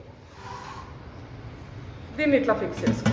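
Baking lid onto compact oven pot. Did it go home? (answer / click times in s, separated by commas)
no / none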